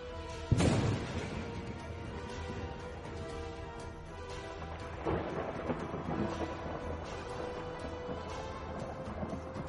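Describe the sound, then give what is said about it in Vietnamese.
A sharp crack of thunder breaks out early, then rolls on as a long, loud rumble that swells again midway, with a steady tonal drone underneath and no voices. “Vài đạo thân ảnh bất ngờ gào thét từ trên bầu trời xa xăm lao qua, bên cạnh còn có thiên lôi cuồn cuộn.”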